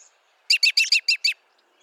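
American robin giving a quick run of six sharp, downslurred notes evenly spaced in under a second, clear against a quiet background.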